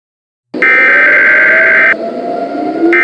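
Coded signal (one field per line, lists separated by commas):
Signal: Emergency Alert System (SAME) tones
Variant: header bursts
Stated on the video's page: Fictional EAS scenario about a giant tornado.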